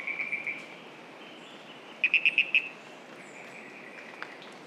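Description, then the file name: Frog call: a brief series of about five short, evenly spaced, high clicking pulses, with a few single similar notes earlier, over steady faint background hiss. "Ischnocnema holti"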